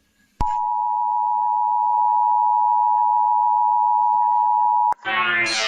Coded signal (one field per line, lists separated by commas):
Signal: Emergency Alert System (SAME) tones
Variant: 853 and 960 Hz attention tone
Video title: RATING ALL EAS ALARMS (PART ONE)